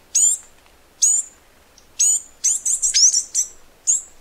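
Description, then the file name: Flame-crested Tanager singing high-pitched, steeply falling notes about once a second, then a rapid cluster of shrill chips and a final thin note. "canto do tie galo"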